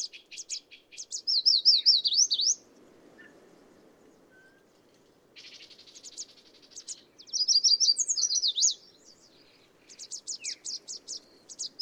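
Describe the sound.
Bird song: loud, fast jagged trills around two and eight seconds, interspersed with high buzzy chips and short downward notes over low background hum.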